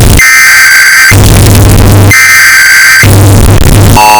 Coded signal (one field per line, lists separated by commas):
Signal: Emergency Alert System (SAME) tones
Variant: header bursts